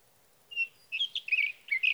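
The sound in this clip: Sage thrasher song beginning: a single whistled note, a pause, then a run of warbled and slurred notes.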